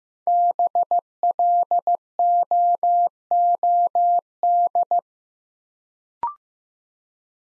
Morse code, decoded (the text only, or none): BLOOD